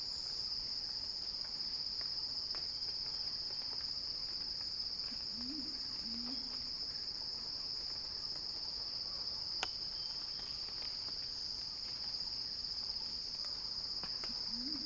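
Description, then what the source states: Cicada song, an even high-pitched buzz sustained throughout, with a pair of low calls in the middle and another at the end. Cicada song rising in a crescendo.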